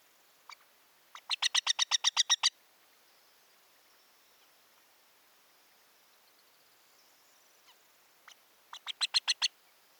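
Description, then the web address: Montagu's harrier chatter, a quick series of about ten sharp notes, a long quiet gap with a faint thin whistle, then another rapid burst of notes. "montagu's harrier. صدای-پرنده-سنقر-گندمزار"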